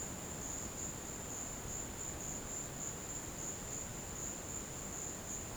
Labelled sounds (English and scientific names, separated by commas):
none